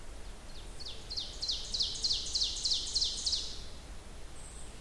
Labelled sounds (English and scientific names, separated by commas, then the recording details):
Ovenbird (Seiurus aurocapilla) song
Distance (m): 50 m
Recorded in boreal forest in Alberta, Canada, on 30 June 2016 at 07:10
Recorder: SongMeter 3, array SBT-6-79
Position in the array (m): 215 m, 19 m
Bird 39